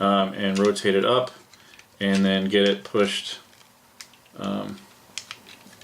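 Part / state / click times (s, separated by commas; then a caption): rotating plastic piece on a transforming toy car / seated / 5.2 s. Someone talks while a rotating plastic piece on a Transformers Animated Bumblebee transforming toy car is rotated up and then pushed back in, with soft handling clicks around it. A sharp click at 5.2 s marks the piece locking back into place, a step that can be a little tricky to get locked in.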